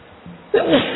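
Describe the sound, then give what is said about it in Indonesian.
A single sneeze bursts out abruptly after a moment of near quiet, loud and breathy with a short voiced edge that fades over the following half second. “Alhamdulillah. Hadikullah”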